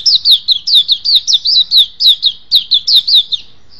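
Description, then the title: Oriental magpie-robin song of quick, high, curling whistled notes in an uneven rhythm, ending with one soft, drawn-out note. "Kicau Kacer"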